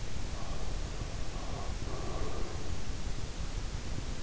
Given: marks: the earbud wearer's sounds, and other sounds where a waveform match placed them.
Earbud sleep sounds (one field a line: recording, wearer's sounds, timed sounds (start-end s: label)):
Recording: sounds in sleep by an in-ear microphone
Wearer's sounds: breath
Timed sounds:
0.64-2.96 s: breath